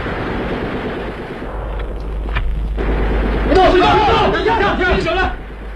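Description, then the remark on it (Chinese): Scattered sharp gunshots, fired as a signal together with butter-oil torches as a band of rioters is wiped out, crack over a dense, rumbling wash of noise. Toward the end, excited voices shout over the continuing din. “巴洛托杰的酥油火把和枪声宣告的却是这批暴乱分子的全部覆灭。”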